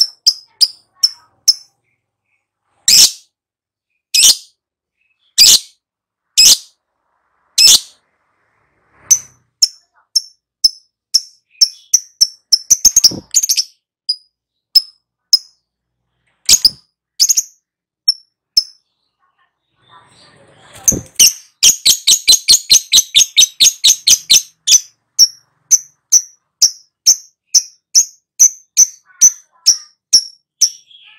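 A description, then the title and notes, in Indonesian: Lovebird calls in sharp, bright chirps, first spaced and clicking, then a rapid dense chattering burst midway, returning to quick repeated tweets. Pancingan Lovebird Agar Nyaut GACOR.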